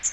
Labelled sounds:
Magnolia Warbler flight call

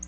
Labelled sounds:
Black-throated Blue Warbler flight call

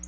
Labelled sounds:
Black-throated Blue Warbler flight call

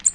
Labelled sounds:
American Redstart flight call

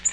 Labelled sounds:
Nashville Warbler flight call

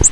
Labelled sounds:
Virginia's Warbler flight call

